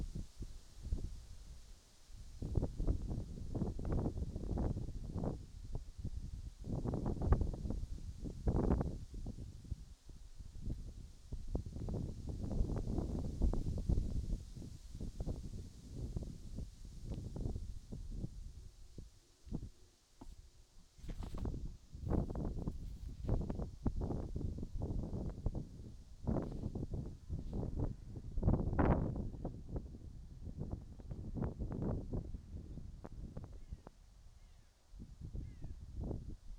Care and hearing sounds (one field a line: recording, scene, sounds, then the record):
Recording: everyday scene through a hearing-aid microphone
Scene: wind on the microphone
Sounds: wind, whistling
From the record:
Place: in front of a rural house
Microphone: in the ear canal, right